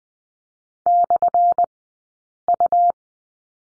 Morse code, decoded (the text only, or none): /U